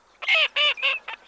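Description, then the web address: Eurasian teal calls: four short harmonic notes in quick succession, the last one brief and weaker, with no other sounds. Made with a decoy caller. "Чирок-свистунок Alzavola. plurifon"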